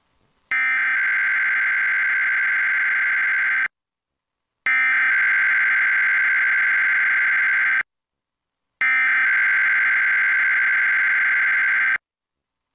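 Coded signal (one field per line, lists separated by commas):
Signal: Emergency Alert System (SAME) tones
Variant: header bursts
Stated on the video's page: Required Monthly Tests relayed by KGPX-TV and KSKN-TV, captured from a Dish Network HD DVR receiver box.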